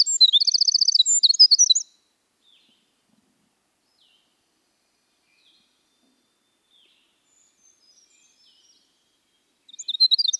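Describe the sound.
Winter wren song, a short burst of rapid high trills and twitters at the start, then a long quiet gap before another burst begins at the end.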